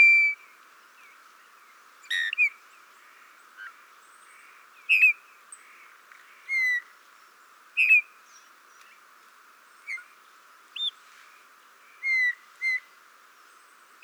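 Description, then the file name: Eurasian bullfinch piping calls: several soft whistles at irregular intervals, some falling in pitch, with a few shorter notes between them. "Pyrrhula pyrrhula"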